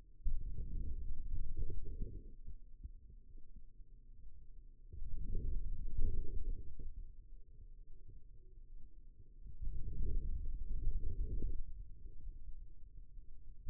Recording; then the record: forearm muscle sounds (acoustic myography)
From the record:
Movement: outward rotation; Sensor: system 2, bracelet of six BSWA MPA416 microphones around the upper forearm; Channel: 3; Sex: male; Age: 22 years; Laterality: right